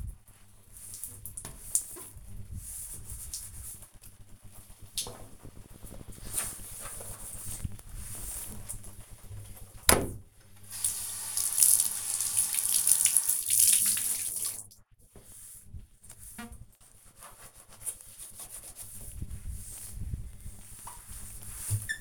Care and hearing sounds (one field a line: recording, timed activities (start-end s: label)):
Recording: household activities, microphone on the right wrist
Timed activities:
0.00-22.01 s: bathroom cleaning (bathtub)